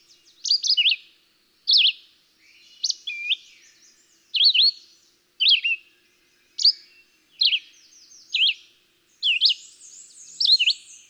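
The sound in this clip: Red-eyed Vireo song of clipped whistled phrases, some rising, some dropping, spaced roughly a second apart in a tireless, continuous sequence with soft higher notes behind.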